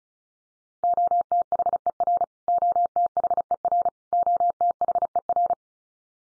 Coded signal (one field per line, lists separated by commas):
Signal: Morse code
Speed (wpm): 34 wpm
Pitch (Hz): 700 Hz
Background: none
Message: OTHER OTHER OTHER